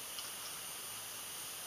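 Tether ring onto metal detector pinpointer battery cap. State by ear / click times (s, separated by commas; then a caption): not seated / none. An opened tether ring is placed and lined up on the plastic battery cap of a metal detector pinpointer, ready to be pushed down. Only a steady, faint broadband hiss is heard, with no sharp sounds. Nothing has snapped or clicked into place yet.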